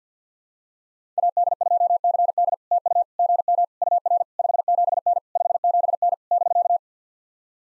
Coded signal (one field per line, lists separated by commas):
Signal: Morse code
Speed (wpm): 48 wpm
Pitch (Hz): 690 Hz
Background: none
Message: AD2CD TU GM UR 57N 57N <BK>